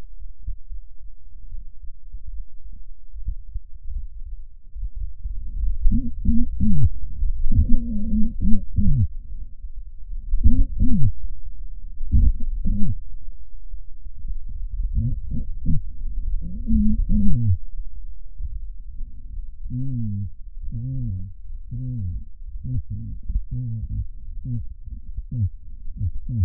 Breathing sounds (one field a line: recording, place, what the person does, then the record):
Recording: lung sounds by stethoscope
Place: left anterior apical chest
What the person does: quiet breathing, then cough and speech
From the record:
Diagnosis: pulmonary infection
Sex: male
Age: 86 years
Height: 165 cm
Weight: 65 kg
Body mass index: 23.9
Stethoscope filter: bell mode